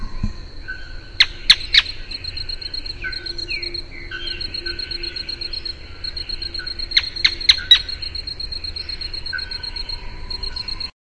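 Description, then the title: Canebrake groundcreeper uttering two short clusters of three or four sharp descending notes, separated by several seconds, with a constant high-pitched background tone. "LuckyPassaro Completos2Sama. Canebrake Groundcreeper (Clibanornis dendrocolaptoides)"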